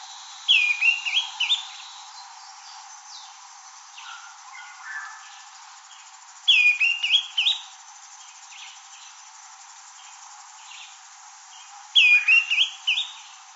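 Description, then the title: Greenish schiffornis giving short phrases of clear, slurred whistled notes, each phrase repeated about every six seconds, with faint softer notes between them. "LuckyPassaro Completos2Sama. Greenish Schiffornis (Schiffornis virescens)"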